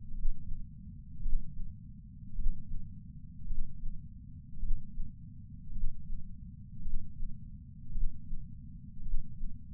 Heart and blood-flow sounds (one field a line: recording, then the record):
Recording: heart sounds by patch sensor on the chest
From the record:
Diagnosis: coronary artery disease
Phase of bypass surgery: intraoperative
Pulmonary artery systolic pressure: 28 mmHg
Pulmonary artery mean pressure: 14 mmHg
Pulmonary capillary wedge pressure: 11 mmHg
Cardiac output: 5.5 L/min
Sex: male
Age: 57 years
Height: 175 cm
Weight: 80 kg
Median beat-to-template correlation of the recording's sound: 0.94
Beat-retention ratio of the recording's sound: 0.97